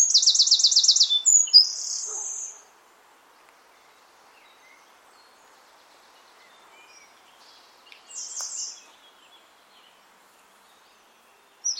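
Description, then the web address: Bird song: a fast, high rattling trill and a buzzy note, then a long silence before one more short buzzy burst. "cianscape birddata Deverinetal 2025"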